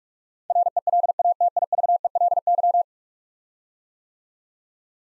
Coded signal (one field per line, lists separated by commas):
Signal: Morse code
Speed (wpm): 46 wpm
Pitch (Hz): 700 Hz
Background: none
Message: RELATIVELY